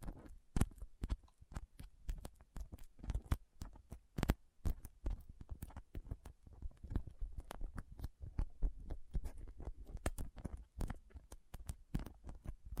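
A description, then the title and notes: Soft, squishy, sticky handling with crinkling, made of a dense, irregular run of small wet clicks and pops that never lets up. Sharper snaps stand out now and then, near the start, around four seconds and toward the end, over a low, dull thumping underneath. Soft Squishy Sticky, Crinkle, Cutting Sounds.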